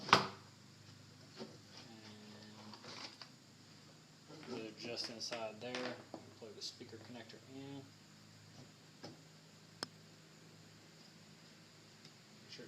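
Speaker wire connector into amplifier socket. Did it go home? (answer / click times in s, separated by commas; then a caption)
yes / 9.8 s. A speaker wire connector is pushed into its socket near the amplifier inside an audio tube enclosure while someone talks. A single sharp click at 9.8 s marks the connector seating in place.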